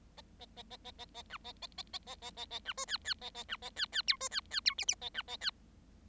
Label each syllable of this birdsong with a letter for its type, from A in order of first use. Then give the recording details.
A A A A A A A B A A A A A A A A B C D D A A B A D D E C D D E F F A B A D. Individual Bird7